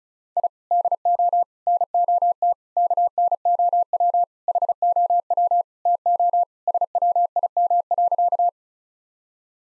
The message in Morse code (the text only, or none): I DO NOT KNOW HOW TO SWIM.